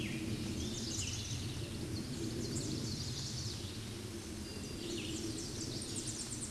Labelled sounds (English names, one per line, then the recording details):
Red-eyed Vireo song
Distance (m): 25 m
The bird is about 5 m above the microphone
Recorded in a Pennsylvania forest on 16 May 2024 at 08:59
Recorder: AudioMoth, point MSD-0475
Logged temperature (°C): 12.3 °C
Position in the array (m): 149 m, 26 m